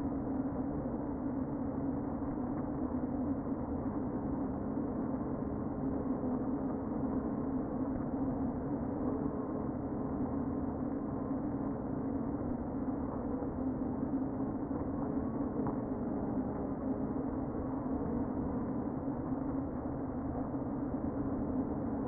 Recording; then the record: honeybee colony, microphone inside the hive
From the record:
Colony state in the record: queen present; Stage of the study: before two queens were removed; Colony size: about 60,000 bees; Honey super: yes